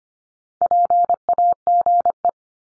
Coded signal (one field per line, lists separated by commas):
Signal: Morse code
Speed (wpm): 25 wpm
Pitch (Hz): 700 Hz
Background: none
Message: PAGE